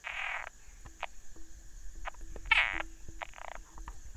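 Frog giving a rapid series of harsh, rasping croaks and short clicks, several bursts in quick succession, with a steady high hum in the background.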